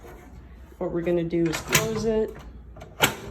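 Someone talks while handling an autoclave door, after the reservoir has been filled with distilled water to the green line, as it is swung toward its latch on the autoclave body. A few soft knocks and a brief sharp sound come near the end, but the door has not clicked shut or seated yet.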